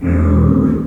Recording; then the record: squeal of a Yucatan mini pig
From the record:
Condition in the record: after surgery on the right vocal fold (resection and tissue-engineered implant); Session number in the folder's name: 11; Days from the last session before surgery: 98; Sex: female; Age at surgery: 19 weeks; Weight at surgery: 25 kg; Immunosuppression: prednisolone